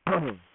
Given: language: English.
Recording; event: throat vibration sensor signal played as sound; throat clearing